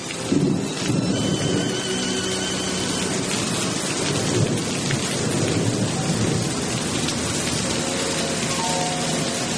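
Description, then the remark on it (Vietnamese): Steady, dense rain pours down with no break while deep rumbles of thunder roll low beneath it, the storm holding an even, full loudness throughout with no voices. “Nghe được giọt mưa này, cứ an mà sống với bốn mùa.”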